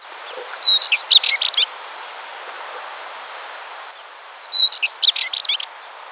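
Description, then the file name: Spectacled warbler song in two brief bursts, each beginning with a high thin whistle and breaking into a quick chattering warble, separated by a few seconds of soft hiss. "Curruca Tomillera"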